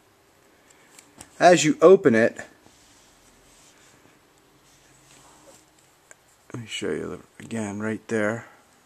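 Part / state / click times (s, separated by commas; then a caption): multitool plier handle locking into the open position / not seated / none. Metal plier handles of a Leatherman Super Tool 300 multitool are handled and opened toward the point where a metal ridge locks them in place, with faint light ticks and rattles of handling between stretches of someone talking. Nothing has seated or clicked yet; the clip ends just before the handles lock open.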